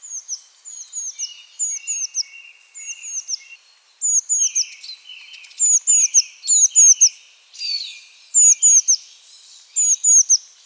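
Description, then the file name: Eurasian blue tit calls, thin high descending notes in quick clusters of two or three, repeated throughout, with a softer buzzy trill running beneath at times. "Cyanistes caeruleus"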